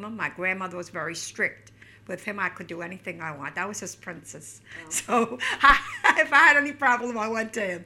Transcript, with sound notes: My grandmother was very strict. With him I could do anything I want. That was his princess. ( she laughs ) So if I had any problem I went to him.